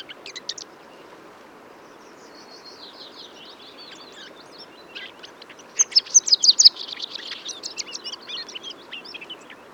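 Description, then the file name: Eurasian blackcap song: quiet scratchy warbling, then a louder burst of rapid, clear, fluty notes around the sixth second, trailing into softer twitters. "Sylvia atricapilla"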